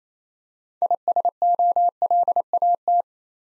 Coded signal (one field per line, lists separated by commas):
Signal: Morse code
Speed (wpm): 29 wpm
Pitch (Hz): 700 Hz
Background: none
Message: ISOLAT